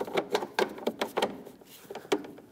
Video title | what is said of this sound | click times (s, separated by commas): How to Replace Front Catalytic Converter 2013-2019 Ford Escape | Locks in place like that. | 0.6 s